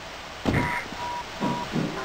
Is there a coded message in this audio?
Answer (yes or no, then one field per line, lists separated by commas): no